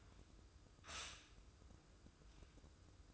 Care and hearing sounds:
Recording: daily activity, microphone in the room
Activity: stop toaster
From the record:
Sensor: 2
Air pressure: 995.1 hPa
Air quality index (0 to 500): 59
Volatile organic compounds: 1 ppm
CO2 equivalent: 973 ppm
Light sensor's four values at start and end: 17/54/21/20 and 17/54/21/20

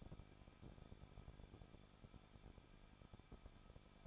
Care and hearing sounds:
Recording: daily activity, microphone in the room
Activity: no activity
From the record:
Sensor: 5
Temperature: 20.8 degrees Celsius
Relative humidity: 38.4%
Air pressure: 1006.5 hPa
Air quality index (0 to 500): 190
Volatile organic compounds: 20 ppm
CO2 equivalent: 2675 ppm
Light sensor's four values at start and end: 2/3/1/1 and 2/3/1/1

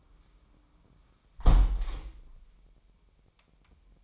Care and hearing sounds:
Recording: daily activity, microphone in the room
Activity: close window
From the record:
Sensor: 1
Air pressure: 998.6 hPa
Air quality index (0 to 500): 130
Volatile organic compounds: 4 ppm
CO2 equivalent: 1559 ppm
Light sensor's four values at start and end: 9/22/9/11 and 9/21/8/10

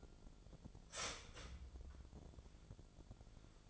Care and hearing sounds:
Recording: daily activity, microphone in the room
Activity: start toaster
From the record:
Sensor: 5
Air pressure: 1000.3 hPa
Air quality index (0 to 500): 131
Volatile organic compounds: 2 ppm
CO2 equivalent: 1030 ppm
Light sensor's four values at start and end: 80/189/80/86 and 80/188/80/86

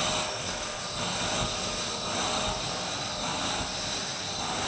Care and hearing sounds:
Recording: daily activity, microphone in the room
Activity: vacuum cleaning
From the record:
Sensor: 2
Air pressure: 1001.8 hPa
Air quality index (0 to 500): 248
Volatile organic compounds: 39 ppm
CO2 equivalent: 3130 ppm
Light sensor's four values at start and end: 8/25/10/10 and 6/21/8/8

